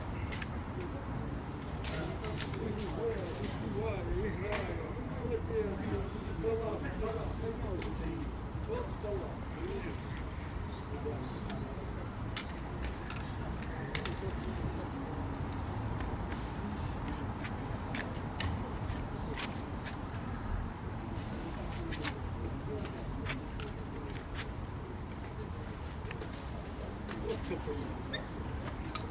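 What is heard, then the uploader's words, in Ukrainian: A park chess pavilion on an ordinary weekday, with steady overlapping chatter of voices, sharp clicks of pieces, traffic and occasional birds. Парк Шевченка, альтанка, Київ. Шаховий дворик, звичайний будній день воєнного Києва.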